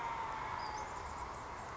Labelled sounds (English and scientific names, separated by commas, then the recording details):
Western Flycatcher (Empidonax difficilis)
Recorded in Sonoma County, California